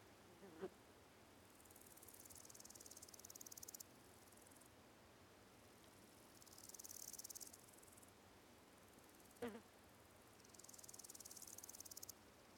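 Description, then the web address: Cicadas buzzing in high, pulsing bursts of about two seconds that stop and restart three times, with two brief soft thumps and a quiet hiss beneath. Countryside ambience of quiet fields with slowly calling cicadas. "Spatial Countryside AMBRurl Ambience, Countryside, Quite Fields, Slow Cicadas, 3 Close, Fly"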